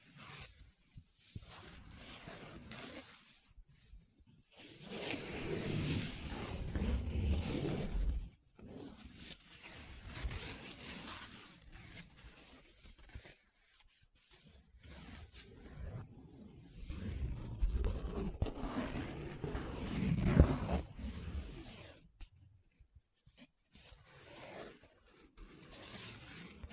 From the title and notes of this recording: ASMR 7 Different Paper Sounds Tracing, Scratching, Rubbing (No Talking).